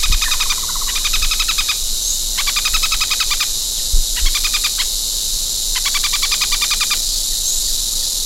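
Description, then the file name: Bird calls in short bursts of rapid dry pulses, each burst lasting up to about a second and repeated five times, over a steady high hiss. "SABIOD 50 bird 2015"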